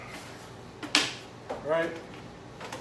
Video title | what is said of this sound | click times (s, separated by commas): Overlanding camp box load out | thank the little yeah these little dudes just clicked right in here there you go | 0.9 s